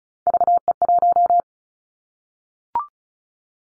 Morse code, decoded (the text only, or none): VE1